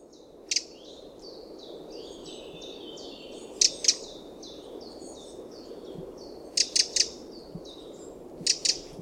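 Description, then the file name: Eurasian wren giving a few sharp ticks, singly, in pairs and in a triplet, with soft high whistled notes underneath. "Troglodytes troglodytes"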